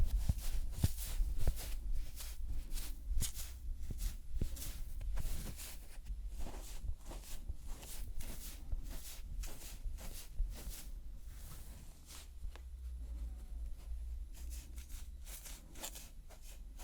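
Makeup cleansing, with soft rubbing and dabbing sounds repeating irregularly through the whole clip, some strokes sharper and brighter than others. A steady low hum sits underneath. The busiest, loudest stretch comes in the first six seconds, then the motions turn quieter and more spread out.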